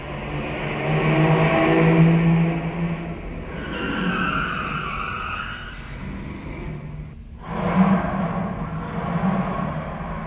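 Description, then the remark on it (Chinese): A car engine rumbles steadily with a rough, broad hiss and a shifting tonal whine, briefly dipping before picking up again as the vehicle drives off. “汽车又开走了，大家松了一口气。”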